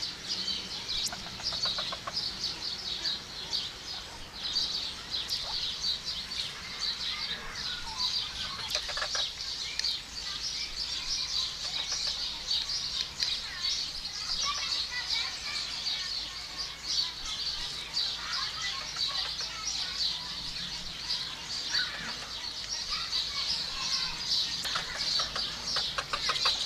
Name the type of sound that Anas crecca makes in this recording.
call